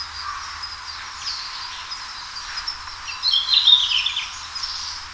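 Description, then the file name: Red-flanked bluetail giving a single short, bright warbled phrase over a steady high hiss and faint background chirps. "ruribitaki"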